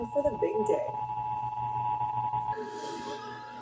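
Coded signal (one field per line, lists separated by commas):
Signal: Emergency Alert System (SAME) tones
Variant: 853 and 960 Hz attention tone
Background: speech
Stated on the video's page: Texas required monthly test heard on several radio and television stations.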